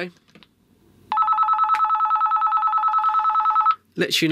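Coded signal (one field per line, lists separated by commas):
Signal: none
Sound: walkie-talkie roger beep tones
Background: speech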